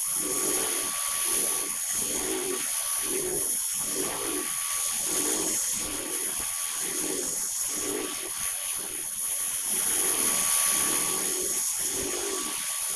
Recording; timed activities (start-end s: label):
household activities, microphone on the right wrist
0.00-12.96 s: vacuum cleaning